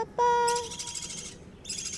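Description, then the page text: Budgerigar chick giving one sustained, flat tonal call, followed by a stretch of busy, raspy chirping. "セキセイインコのヒナの鳴き声その2（環境音）. riricoさんの鳥さんピーちゃん"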